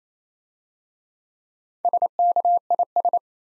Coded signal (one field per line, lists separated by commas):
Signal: Morse code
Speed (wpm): 27 wpm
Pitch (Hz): 700 Hz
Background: none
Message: SKIS